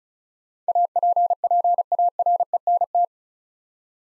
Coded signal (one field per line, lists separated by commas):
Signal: Morse code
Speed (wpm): 36 wpm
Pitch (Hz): 700 Hz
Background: none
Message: APPARENT